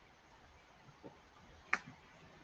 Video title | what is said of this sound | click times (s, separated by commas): Thrifty Thursday - White Rabbit - Set #31133 | that satisfying snap of Lego | 1.7 s